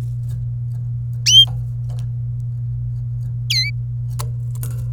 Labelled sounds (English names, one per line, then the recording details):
Domestic Canary song
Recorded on 26 April 2018 at 17:04
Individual llb3